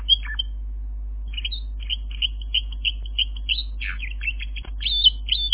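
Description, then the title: Canary song of spaced, bright chirps and short trills over a noticeable steady hum, with one sharp click partway through. "kenarijos"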